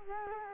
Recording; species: mosquito wingbeat signal from an infrared sensor; Culex quinquefasciatus